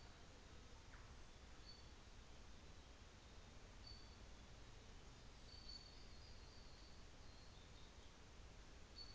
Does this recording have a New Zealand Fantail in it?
no